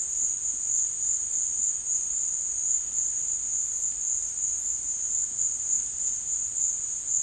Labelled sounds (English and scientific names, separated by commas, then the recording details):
none
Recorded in dense forest near Puerto Asís, Putumayo, Colombia, on 8 March 2025 at 16:30
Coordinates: 0.484, -76.317
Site G064